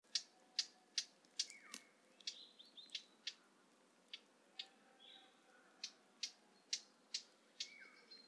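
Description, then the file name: Eurasian blackcap giving hard, dry tacking clicks, repeated irregularly about twice a second, with faint thin whistles in the background. "Sylvia atricapilla"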